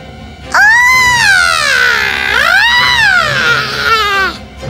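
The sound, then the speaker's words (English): A loud, piercing scream rings out as Prince Marco puts his palm on the surface of the water in a vessel, holding for about four seconds, its pitch sagging low in the middle and then rising and falling again before it cuts off. No one speaks. “He put his palm on the surface of the water, and at once a loud screaming rang in his ears.”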